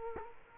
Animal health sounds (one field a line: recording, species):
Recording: mosquito wingbeat signal from an infrared sensor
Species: Culex quinquefasciatus